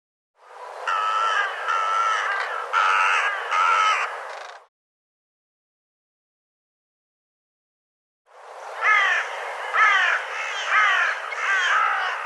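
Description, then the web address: Bird giving harsh, nasal cawing calls in two bursts of several notes each, separated by a silent gap of several seconds. "cianscape birddata"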